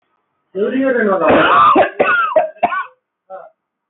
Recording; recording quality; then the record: heavy voluntary cough; moderate, slight background noise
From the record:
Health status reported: healthy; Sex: male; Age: 24 years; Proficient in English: yes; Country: India